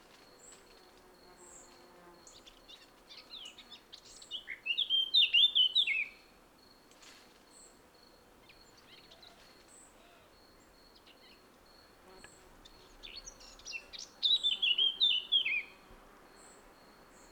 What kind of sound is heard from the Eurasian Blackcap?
song